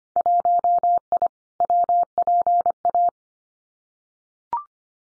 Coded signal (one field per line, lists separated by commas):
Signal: Morse code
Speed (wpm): 25 wpm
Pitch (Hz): 700 Hz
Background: none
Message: 1I WPA